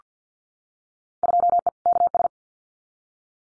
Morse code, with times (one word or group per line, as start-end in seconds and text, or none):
1.2-1.7 2E
1.9-2.3 KS